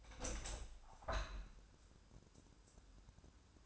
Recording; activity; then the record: daily activity, microphone in the room; open window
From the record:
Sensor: 2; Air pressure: 1000.4 hPa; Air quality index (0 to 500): 138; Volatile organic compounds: 2 ppm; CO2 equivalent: 1153 ppm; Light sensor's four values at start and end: 11/29/11/13 and 11/31/12/14